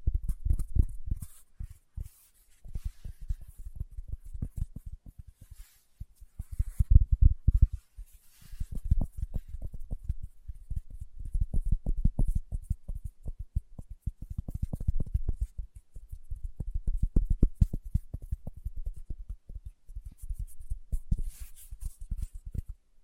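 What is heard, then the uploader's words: Fingertips tap in quick, dense bursts, a soft low thudding that comes in clusters with brief pauses between them, near 2, 6 and 8 seconds. The tapping is mostly dull and muted, with faint, airy hiss rising now and then above it. ASMR Tapping with Fingertips (No Talking).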